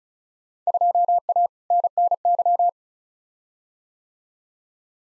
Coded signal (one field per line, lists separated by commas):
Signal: Morse code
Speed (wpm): 36 wpm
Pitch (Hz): 700 Hz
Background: none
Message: 2A NNY